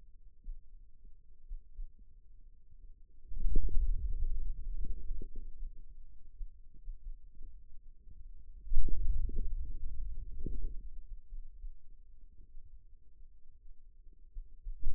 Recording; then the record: forearm muscle sounds (acoustic myography)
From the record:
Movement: hand opening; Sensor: system 2, bracelet of six BSWA MPA416 microphones around the upper forearm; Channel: 5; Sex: male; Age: 22 years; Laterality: right